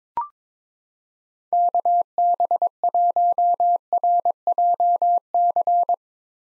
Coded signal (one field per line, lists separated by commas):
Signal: Morse code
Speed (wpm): 22 wpm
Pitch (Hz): 700 Hz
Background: none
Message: KB1RJC